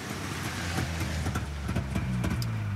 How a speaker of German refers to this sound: Endlich fuhr vor dem Gefechtsstand ein Wagen vor.